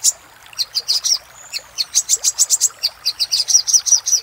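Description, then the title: Little spiderhunter giving high, sharp chip notes, spaced at first and then in a quick steady run, with a faint thin whistle between. Master song for training cage birds; labaik variant. "Masteran Burung Sogok Ontong Labaik"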